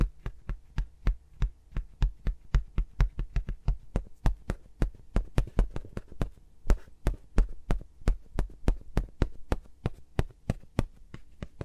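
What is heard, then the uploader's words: Fingers tap and rub around microphones in a steady, fast rhythm, about four soft knocks each second. Every tap has a dull low thump with a crisp click on top, and a faint low hum sits underneath throughout. ASMR with Mics Around My Fingers (No Talking).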